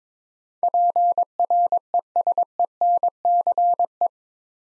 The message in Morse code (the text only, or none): PRESENCE